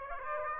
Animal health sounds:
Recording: mosquito wingbeat signal from an infrared sensor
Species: Aedes aegypti

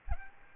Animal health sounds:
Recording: mosquito wingbeat signal from an infrared sensor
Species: Aedes aegypti

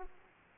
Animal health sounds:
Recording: mosquito wingbeat signal from an infrared sensor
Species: Aedes aegypti

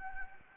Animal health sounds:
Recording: mosquito wingbeat signal from an infrared sensor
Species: Anopheles gambiae

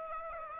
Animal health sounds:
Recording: mosquito wingbeat signal from an infrared sensor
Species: Aedes aegypti

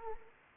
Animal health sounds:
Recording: mosquito wingbeat signal from an infrared sensor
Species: Anopheles arabiensis

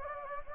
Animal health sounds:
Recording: mosquito wingbeat signal from an infrared sensor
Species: Anopheles gambiae

